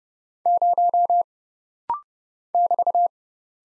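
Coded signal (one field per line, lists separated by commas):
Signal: Morse code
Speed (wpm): 31 wpm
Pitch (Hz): 700 Hz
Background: none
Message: 0 <BT>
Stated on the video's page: Rapid-fire Morse practice at 30 wpm of single letters, numbers, punctuation and prosigns, each sent, spoken, then sent again.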